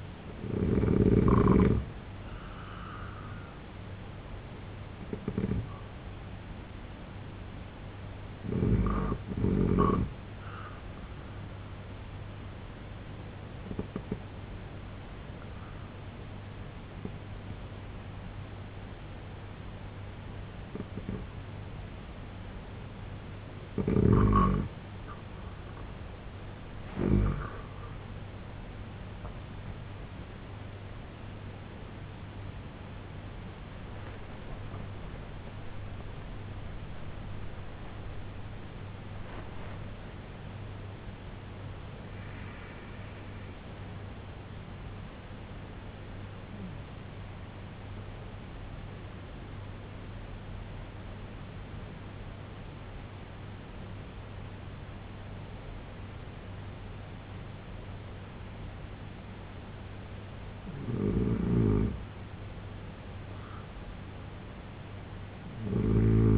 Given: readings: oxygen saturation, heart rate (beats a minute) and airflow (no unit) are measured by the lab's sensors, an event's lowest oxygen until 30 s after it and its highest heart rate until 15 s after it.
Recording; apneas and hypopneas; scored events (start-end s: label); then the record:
breathing in sleep by a voice recorder at the bedside; 2
9.00-27.00 s: hypopnea (N2, oxygen 92% highest, then 89% lowest, heart rate 69 at the start, 94 highest)
25.00-55.00 s: new sleep stage, N1 (lightest sleep)
49.00-61.30 s: obstructive apnea (N1, oxygen 96% highest, then 90% lowest, heart rate 71 at the start, 79 highest)
55.00-66.38 s: new sleep stage, N2 (light sleep)
From the record:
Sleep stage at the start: N2 (light sleep); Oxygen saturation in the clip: 89 to 96%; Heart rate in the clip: 65 to 94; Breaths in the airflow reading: 9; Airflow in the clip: -10.1 to 11.2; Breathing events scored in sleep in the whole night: 258 in 7.4 hours asleep